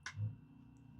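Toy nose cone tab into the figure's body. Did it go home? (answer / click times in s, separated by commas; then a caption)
yes / 0.1 s. A tab on the bottom of a plastic toy nose cone is pushed into the figure's body, giving a sharp click at 0.1 s as it locks into place with tension and hugs the part. A low thump follows, and the nose cone is seated.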